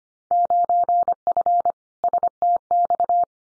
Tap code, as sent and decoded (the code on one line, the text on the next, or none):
none